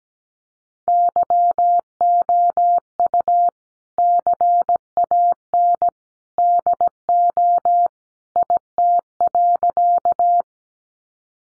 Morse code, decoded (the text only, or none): YOU CAN DO IT.